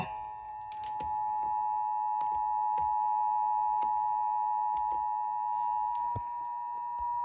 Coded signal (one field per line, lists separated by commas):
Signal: Emergency Alert System (SAME) tones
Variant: 853 and 960 Hz attention tone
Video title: (ARCHIVED) Well this was unexpected.. (EAS Alerts #62-67)